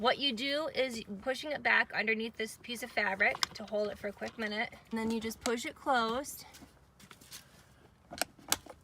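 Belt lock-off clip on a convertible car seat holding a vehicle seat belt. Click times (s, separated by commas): 8.5 s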